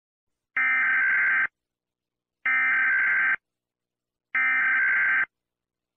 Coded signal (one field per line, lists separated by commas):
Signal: Emergency Alert System (SAME) tones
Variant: header bursts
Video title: The GoAnimate Attack: An EAS Scenario